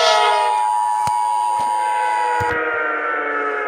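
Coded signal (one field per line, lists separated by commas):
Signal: Emergency Alert System (SAME) tones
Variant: 853 and 960 Hz attention tone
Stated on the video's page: Fictional EAS scenario, a shelter warning.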